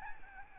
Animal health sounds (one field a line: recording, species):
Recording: mosquito wingbeat signal from an infrared sensor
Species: Aedes albopictus